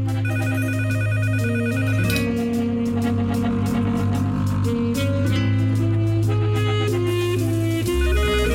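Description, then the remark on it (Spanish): A mobile phone lying on a bed rings with a loud, melodic electronic ringtone, bright stepping notes over sustained low tones, playing continuously for several seconds with no one talking. “¿Dónde está su teléfono? Está suene y suene.”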